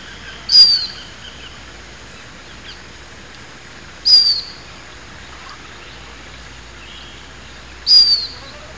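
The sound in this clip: Bird giving a thin, high, slightly falling note three times, spaced roughly four seconds apart, against a quiet hiss.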